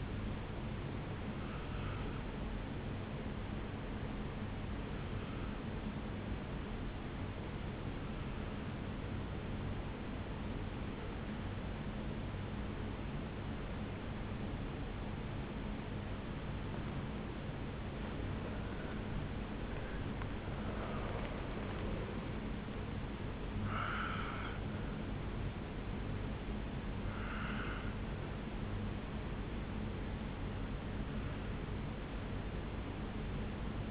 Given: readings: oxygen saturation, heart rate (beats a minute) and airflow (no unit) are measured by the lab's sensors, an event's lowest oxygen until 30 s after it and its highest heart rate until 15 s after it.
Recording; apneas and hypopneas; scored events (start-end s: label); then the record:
breathing in sleep by a voice recorder at the bedside; 1
6.00-19.90 s: obstructive apnea (N1, oxygen 97% highest, then 92% lowest, heart rate 60 at the start, 74 highest)
From the record:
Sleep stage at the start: N1 (lightest sleep); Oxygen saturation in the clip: 87 to 97%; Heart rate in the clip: 52 to 74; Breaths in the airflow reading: 3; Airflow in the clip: -9.0 to 7.4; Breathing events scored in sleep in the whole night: 449 in 7.0 hours asleep